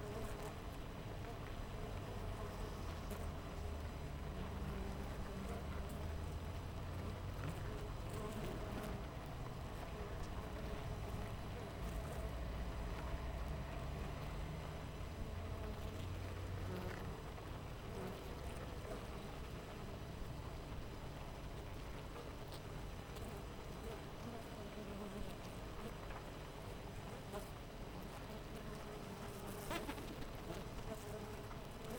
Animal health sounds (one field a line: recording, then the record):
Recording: honeybee colony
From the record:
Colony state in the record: missing queen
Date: 14 July 2017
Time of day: 6:27